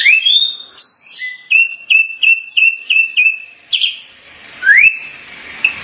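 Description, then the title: Starling song opening with slurred whistles, then a run of several evenly spaced chirpy notes, followed by a loud rising whistle. "Kicau Burung Jalak"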